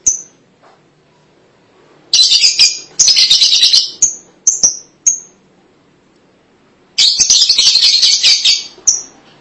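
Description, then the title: Lovebird calls, loud scratchy chattering bursts broken by single piercing chirps, then a quiet spell and another harsh chattering outburst. "BM Suara Burung Lovebird"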